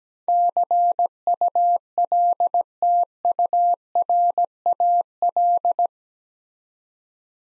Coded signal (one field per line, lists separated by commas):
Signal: Morse code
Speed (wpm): 17 wpm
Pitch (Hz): 700 Hz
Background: none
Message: CULTURAL